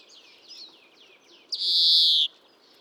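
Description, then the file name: European greenfinch giving a drawn-out buzzy wheeze lasting under a second, preceded by faint soft twittering notes. "Chloris chloris"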